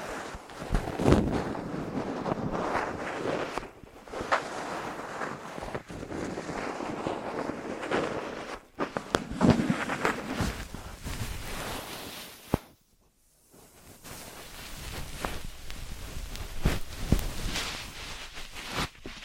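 Ear massage and cleaning sounds: dense, scratchy rubbing and rustling that swells and fades in irregular strokes, with deep muffled thumps underneath. A sharp click near 12.5 seconds cuts to brief near-silence, then the soft rubbing resumes and continues to the end.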